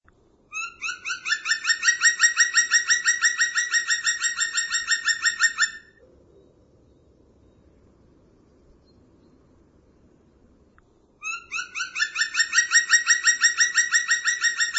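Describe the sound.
A bird gives a long, even trill of quick, rasping chirps, goes silent for about five seconds, then starts the same rapid chirping again.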